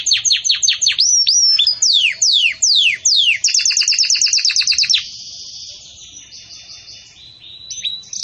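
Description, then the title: Belgian canary song of downslurred chirps and quick trills, fading into a soft, quiet trill after about five seconds. Belgian canary song used to teach breeding chicks. "Belíssimo Canto Do Canário Belga Campainha Para Encarte De Filhotes"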